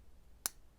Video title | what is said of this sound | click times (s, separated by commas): San Martin vs Pagani Design - Who can find the RANGE?? - Head to Head - AliExpress | some they put out because it's got a nice positive click you'll hear it when I press it in | 0.5 s